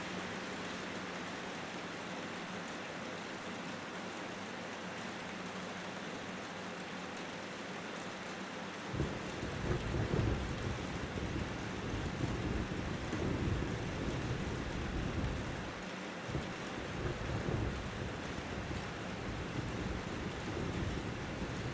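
Soft, steady rain hisses evenly across the whole stretch. Around nine seconds a low, distant thunder roll rises underneath and keeps rumbling to the end, easing briefly near sixteen seconds before swelling again.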